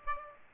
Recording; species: mosquito wingbeat signal from an infrared sensor; Aedes aegypti